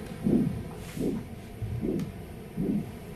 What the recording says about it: Changes every time your blood whooshes through the tip of your finger. Now we're going to start hearing the sound of your heartbeat we're listening to a soundscape that I've designed with Gail Priest. We're just getting data from changes in your heart rate as it's increasing and decreasing.